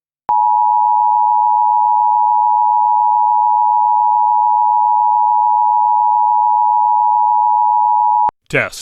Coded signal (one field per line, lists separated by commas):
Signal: Emergency Alert System (SAME) tones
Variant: 853 and 960 Hz attention tone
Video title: EAS: Pennsylvania Required Monthly Tests (7/18/19)(EAS #146-150)